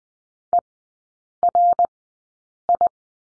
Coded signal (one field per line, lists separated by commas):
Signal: Morse code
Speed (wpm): 20 wpm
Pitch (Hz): 700 Hz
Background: none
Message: E R I